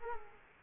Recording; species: mosquito wingbeat signal from an infrared sensor; Culex quinquefasciatus